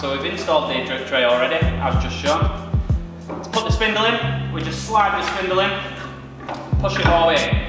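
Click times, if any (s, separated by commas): none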